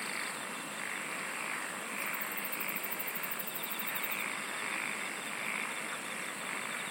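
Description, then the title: Insect chorus of constant high shrilling, with a fast pulsed trill starting partway through and a softer ticking rhythm lower down. "SINGING OF INSECTS"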